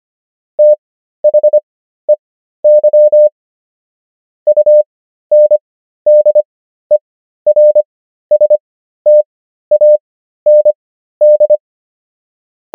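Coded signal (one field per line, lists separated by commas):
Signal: Morse code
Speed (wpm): 25 wpm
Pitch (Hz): 600 Hz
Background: none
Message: THEY UNDERSTAND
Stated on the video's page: Morse practice of the 500 most common English words, 25 wpm character speed with 13 wpm Farnsworth word speed.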